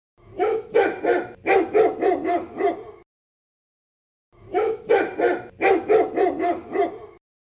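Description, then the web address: Dog barking: a rapid run of about eight harsh, full barks, a short silence, then an identical run of barks again. "AB Luistertuin. Hond"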